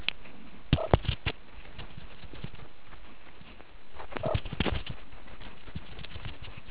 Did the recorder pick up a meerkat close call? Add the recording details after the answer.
yes. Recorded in the Kuruman River Reserve, South Africa. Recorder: an audio tag on a meerkat's collar